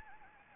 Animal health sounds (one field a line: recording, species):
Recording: mosquito wingbeat signal from an infrared sensor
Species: Anopheles gambiae